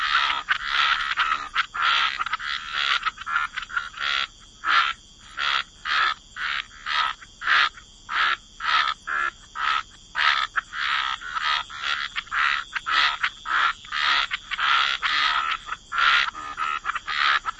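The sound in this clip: Frogs calling in chorus, rapid raspy croaks that crowd together, separate into distinct pulses, then crowd together again, with a steady high-pitched tone throughout.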